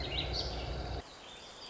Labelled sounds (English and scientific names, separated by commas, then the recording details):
Warbling Vireo (Vireo gilvus)
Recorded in Sonoma County, California